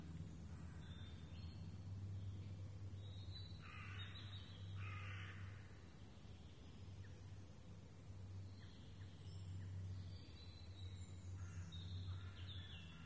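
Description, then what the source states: Raven with two hoarse calls midway and fainter calls later, while small birds chirp and whistle high above a steady low drone. Ravens recorded in the Forêt de Rambouillet on 24 May 2015.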